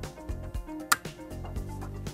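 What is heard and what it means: The rear antenna coax cable's small snap-on connector is pressed onto the main terminal of the Wi-Fi card in a ThinkCentre M83 / M93p Tiny desktop, over a steady music beat. One sharp, very short click at 0.9 s stands out from the regular beats as the connector seats.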